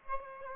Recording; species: mosquito wingbeat signal from an infrared sensor; Aedes aegypti